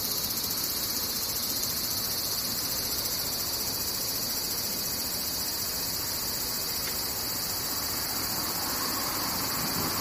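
Cicadas drone in a dense, unbroken chorus, a bright, shimmering buzz that holds steady at the same loudness for the whole ten seconds. Beneath it sits a faint, low rumble, with no distinct separate events standing out.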